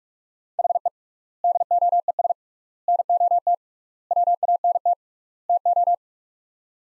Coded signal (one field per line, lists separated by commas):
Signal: Morse code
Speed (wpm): 42 wpm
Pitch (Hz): 700 Hz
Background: none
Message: HE DOES NOT WANT TO